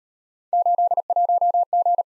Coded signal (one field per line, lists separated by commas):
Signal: Morse code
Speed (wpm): 38 wpm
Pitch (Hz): 700 Hz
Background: none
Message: 81G